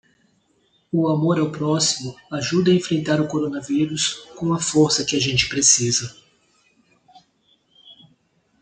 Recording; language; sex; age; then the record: spoken sentence; Brazilian Portuguese; male; 40 to 49 years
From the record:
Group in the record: control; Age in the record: 49 years